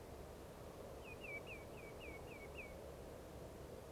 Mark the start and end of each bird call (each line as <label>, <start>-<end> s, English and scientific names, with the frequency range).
Common Greenshank (Tringa nebularia) (2.1-3.2 kHz), 1.01-2.75 s